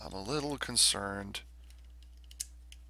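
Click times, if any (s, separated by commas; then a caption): 2.4 s. Someone talks, then a die-cast starship model is pressed onto the prongs of its plastic display stand, where it clips over the impulse engines. After a few faint ticks, a single sharp snap at 2.4 s marks the model seating in place.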